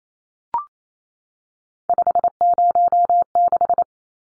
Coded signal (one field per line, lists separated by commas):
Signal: Morse code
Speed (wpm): 28 wpm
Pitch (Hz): 700 Hz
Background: none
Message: 506